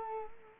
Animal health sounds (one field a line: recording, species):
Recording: mosquito wingbeat signal from an infrared sensor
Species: Culex quinquefasciatus